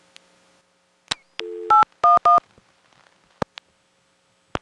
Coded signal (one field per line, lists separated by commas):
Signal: DTMF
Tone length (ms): 150 ms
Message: 811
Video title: Phone Trip to Palmerton Telephone Company - April 2026